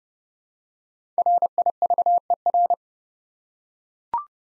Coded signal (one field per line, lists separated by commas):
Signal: Morse code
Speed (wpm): 30 wpm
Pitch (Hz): 700 Hz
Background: none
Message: RIVER